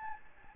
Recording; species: mosquito wingbeat signal from an infrared sensor; Aedes albopictus